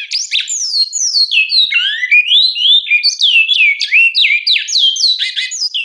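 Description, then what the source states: Great-billed Seed-Finch song: a flowing phrase of warbled, slurred whistles that rise and fall in smooth loops. Clássico dialect, an established song type of captive birds; each dialect was originally established according to the birds' place of origin.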